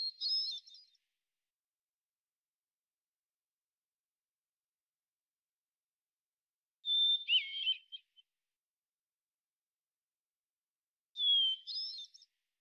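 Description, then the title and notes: Hermit thrush song: three phrases, the last two each a clear sustained whistle followed by a rapid flutey, tumbling cascade, separated by long silent gaps of several seconds. Single individual singing a song sequence ending with a block of basic phonemes and variants, at natural pace and rhythm; Pacific Northwest, Washington, United States. "Hermit Thrush, Catharus guttatus, individual performance, song sequence with an end block of example 8 basic phonemes and variants, isolated from original, natural pace and rhythm maintained Recorded in the beautiful Pacific Northwest, Washington, United States"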